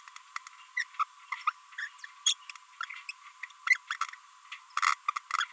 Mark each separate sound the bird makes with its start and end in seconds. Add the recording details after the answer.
0.77-0.83, 0.99-1.04, 1.47-1.51, 1.78-1.88, 2.26-2.33, 2.81-2.85, 3.09-3.11, 3.67-3.77, 3.90-3.96, 5.31-5.45. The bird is a female. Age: 28 days. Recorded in a nest box in Venezuela. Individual 17B42B2